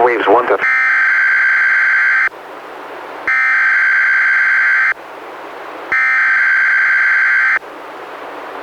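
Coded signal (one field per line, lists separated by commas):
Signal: Emergency Alert System (SAME) tones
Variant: header bursts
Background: speech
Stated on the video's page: NOAA Weather Radio Required Weekly Test, first sent with an unrecognized code then corrected, relayed from Astoria, recorded directly from a Reecom R-1630 weather radio.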